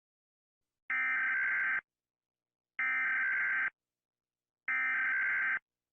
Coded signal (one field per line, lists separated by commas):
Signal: Emergency Alert System (SAME) tones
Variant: header bursts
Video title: Rating eas alarms cause everyone is doing it